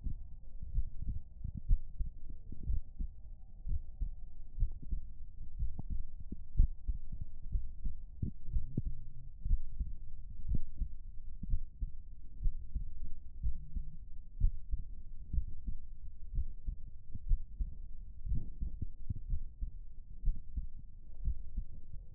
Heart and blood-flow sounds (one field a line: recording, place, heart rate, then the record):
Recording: heart sounds by stethoscope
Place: pulmonary valve (PV)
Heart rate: 61 bpm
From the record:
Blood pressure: 113/69 mmHg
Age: 29 years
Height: 178 cm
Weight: 65 kg